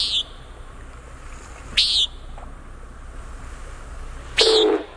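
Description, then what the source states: Common Nighthawk calls: three short, harsh, buzzy nasal notes over a steady background hiss. Beer call, heard several times.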